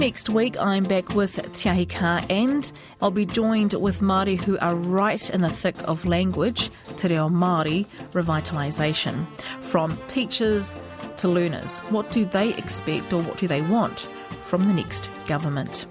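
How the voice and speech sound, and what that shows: An adult radio host speaks fluently and clearly at an easy pace with a normal voice quality, closing the programme over a soft background music bed.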